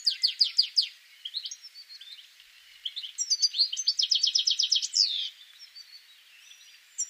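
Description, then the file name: European goldfinch twittering: a quick run of bright, tinkling notes at the start, a longer liquid burst around four seconds ending in a buzzy slur, then quiet apart from a final note. "Carduelis carduelis"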